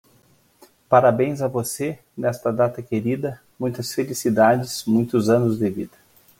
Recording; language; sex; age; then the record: short text; Brazilian Portuguese; male; 40 to 49 years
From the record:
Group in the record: control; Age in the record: 46 years